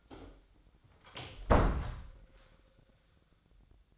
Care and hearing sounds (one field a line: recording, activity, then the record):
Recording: daily activity, microphone in the room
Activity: close door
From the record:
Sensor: 3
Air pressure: 1009.2 hPa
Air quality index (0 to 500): 194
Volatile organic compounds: 4 ppm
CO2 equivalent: 1560 ppm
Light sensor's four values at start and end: 49/127/55/56 and 48/127/55/56